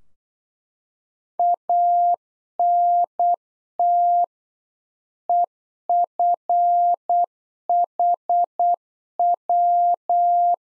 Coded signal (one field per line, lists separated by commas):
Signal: Morse code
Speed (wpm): 8 wpm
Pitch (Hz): 700 Hz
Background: none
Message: ANT EFHW